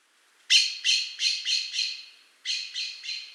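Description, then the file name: Eurasian blackbird calling with loud, hard chack notes, five in a quick run, a pause, then a few more. "Turdus merula"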